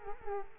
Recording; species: mosquito wingbeat signal from an infrared sensor; Culex quinquefasciatus